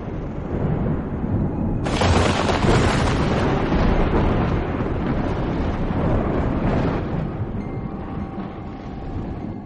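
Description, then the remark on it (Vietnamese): A deafening thunderclap as lightning streaks across the sky: a low steady roar gives way to a sudden sharp crack about two seconds in, followed by a long, heavy rolling rumble that slowly fades. No one speaks. “Cô gái vừa dứt lời, một tia sét nữa lại rạch ngang bầu trời, tiếng sấm đinh tai nhức óc.”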